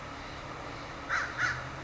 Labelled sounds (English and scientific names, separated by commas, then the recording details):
American Crow (Corvus brachyrhynchos)
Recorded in Sonoma County, California